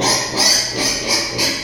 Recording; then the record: squeal of a Yucatan mini pig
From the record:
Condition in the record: before surgery on the right vocal fold (resection and tissue-engineered implant); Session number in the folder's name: 2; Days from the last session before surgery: 0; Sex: male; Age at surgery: 12 weeks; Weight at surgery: 13 kg